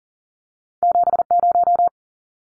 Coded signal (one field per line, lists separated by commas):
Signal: Morse code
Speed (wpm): 40 wpm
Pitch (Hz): 700 Hz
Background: none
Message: 70